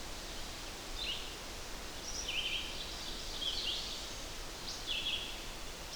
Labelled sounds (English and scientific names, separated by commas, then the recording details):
Red-eyed Vireo (Vireo olivaceus) song
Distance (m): 55 m
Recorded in boreal forest in Alberta, Canada, on 8 June 2016 at 05:18
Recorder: SongMeter 3, array SBT-3-9
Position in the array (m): 98 m, 92 m